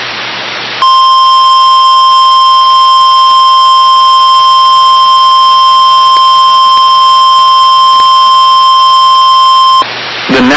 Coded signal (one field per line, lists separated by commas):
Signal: Emergency Alert System (SAME) tones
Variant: 1050 Hz attention tone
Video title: (VALID TONES) EAS Tornado Watch for Alabama (first of 2025?) (02/15/25)